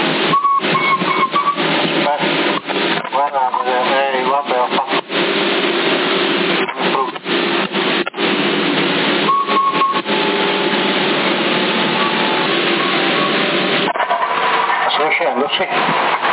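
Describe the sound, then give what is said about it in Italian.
Noisy, band-limited CB radio carrier in Sassari hissing steadily, with thin whistling tones that come and go over garbled, muffled voice fragments and sharp clicks and crackles throughout. “Sì, adesso come hai toccato, sì, prima sentivo il fischio e la voce la sentivo proprio piccola, però poi come hai toccato sono riuscito a sentirti di più.”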